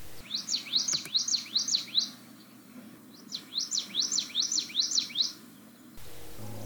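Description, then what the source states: Common Yellowthroat song: two bursts of quick, repeated slurred high phrases, several in each, separated by a short pause, over a faint low hum. Played as a mystery sound; often first detected by sound, being hard to see in dense vegetation surrounding wetlands.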